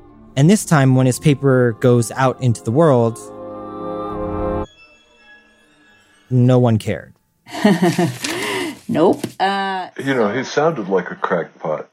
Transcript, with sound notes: And this time when his paper goes out into the world … no one cared.
[laughs] Nope.
You know, he sounded like a crackpot.